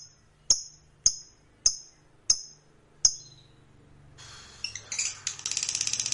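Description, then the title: Lovebird giving five evenly spaced high ticks, then a buzzy burst leading into a fast chirping trill. Fighter-type lovebird giving ngekek panjang, a long trilling song style. "Begitu Dengar Suara Lovebird FIGHTER NGEKEK PANJANG"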